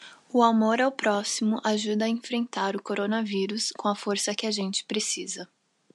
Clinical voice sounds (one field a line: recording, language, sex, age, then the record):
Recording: spoken sentence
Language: Brazilian Portuguese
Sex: female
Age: 20 to 29 years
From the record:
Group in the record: control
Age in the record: 24 years